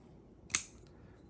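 The blade of a rebuilt Al Mar Ultralight Falcon folding knife with titanium scales and a D2 blade is opened, and the lock bar snaps into place behind the blade tang. A single sharp, bright snap at 0.55 s decays quickly, followed by a faint tick near 0.9 s. The lock is seated; it was tuned to give this more deadened, nicer sound.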